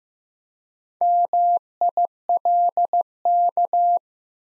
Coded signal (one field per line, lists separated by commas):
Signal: Morse code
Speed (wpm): 15 wpm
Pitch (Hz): 700 Hz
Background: none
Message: MILK